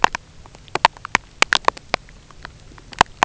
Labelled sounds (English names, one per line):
none